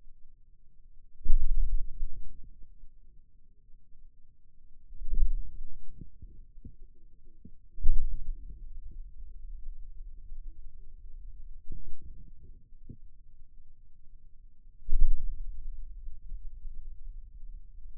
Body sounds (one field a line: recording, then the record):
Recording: forearm muscle sounds (acoustic myography)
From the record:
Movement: radial deviation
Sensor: system 2, bracelet of six BSWA MPA416 microphones around the upper forearm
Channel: 1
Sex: male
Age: 22 years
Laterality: right